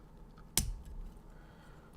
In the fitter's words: that was a nice click i'll do the other one right up next to the mic